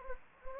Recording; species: mosquito wingbeat signal from an infrared sensor; Anopheles gambiae